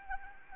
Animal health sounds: mosquito wingbeat signal from an infrared sensor; Anopheles arabiensis

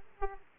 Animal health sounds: mosquito wingbeat signal from an infrared sensor; Aedes aegypti

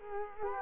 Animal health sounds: mosquito wingbeat signal from an infrared sensor; Culex quinquefasciatus

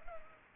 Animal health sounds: mosquito wingbeat signal from an infrared sensor; Culex pipiens

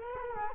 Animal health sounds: mosquito wingbeat signal from an infrared sensor; Culex quinquefasciatus

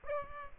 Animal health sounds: mosquito wingbeat signal from an infrared sensor; Aedes aegypti

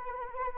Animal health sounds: mosquito wingbeat signal from an infrared sensor; Anopheles arabiensis

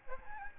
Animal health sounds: mosquito wingbeat signal from an infrared sensor; Aedes albopictus

